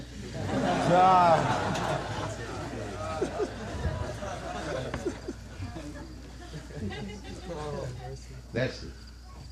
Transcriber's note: laughter